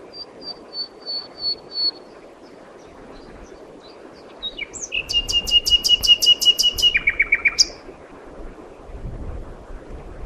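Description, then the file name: Common nightingale song: a row of soft repeated whistles, a pause, then a loud rapid series of sharp repeated pulses over a low whistle. "Luscinia megarhynchos"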